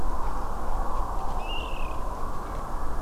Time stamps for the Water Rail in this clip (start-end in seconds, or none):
1.39-2.00